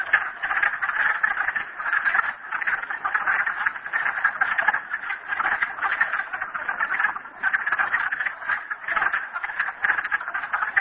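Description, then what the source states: Frogs in full chorus, a long unbroken wall of rapid, rattling trills with small surges throughout. Frogs recorded at Merryspring.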